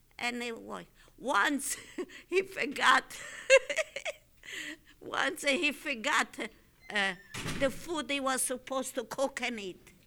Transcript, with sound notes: Anyway, once he forgot. ( she laughs ) Once he forgot the food he was supposed to cook and eat.: